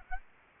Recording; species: mosquito wingbeat signal from an infrared sensor; Aedes aegypti